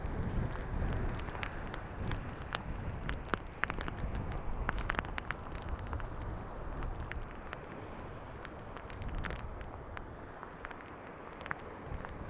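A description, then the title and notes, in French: A walk in the rain by the North Sea: a steady, dense rush fills the low and middle range throughout, with a rumbling, wind-like roar underneath. Sharp bright ticks and taps scatter irregularly across the clip, thickest around four to five seconds. Une balade sous la pluie, sur les bords de la mer du nord, en binaural sous ma capuche. Enregistré avec un Zoom H1n et des micros Rolands CS10-EM.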